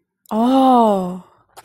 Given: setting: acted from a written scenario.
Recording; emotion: vocal sound without words; awe